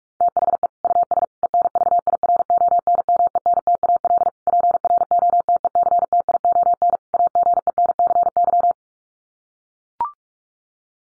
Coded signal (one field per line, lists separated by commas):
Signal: Morse code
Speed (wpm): 44 wpm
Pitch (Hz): 700 Hz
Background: none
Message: THE US ENVIRONMENTAL PROTECTION AGENCY